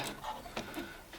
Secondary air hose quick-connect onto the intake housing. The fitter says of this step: secondary air filter I hear the click you know you're good